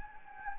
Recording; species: mosquito wingbeat signal from an infrared sensor; Anopheles gambiae